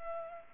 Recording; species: mosquito wingbeat signal from an infrared sensor; Culex pipiens